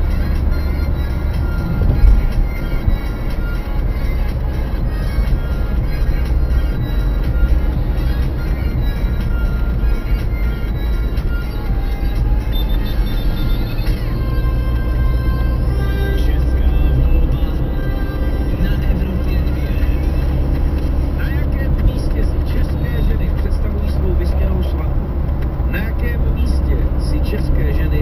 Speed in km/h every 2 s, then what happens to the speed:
53, 51, 50, 44, 46, 44, 42, 46, 48, 48, 51, 55, 50, 50.
0-11 slows to 42. 11-21 speeds up to 55. 21-28 steady at about 50.